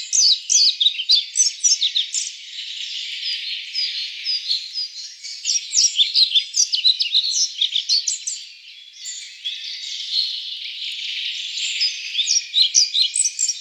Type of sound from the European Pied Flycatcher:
song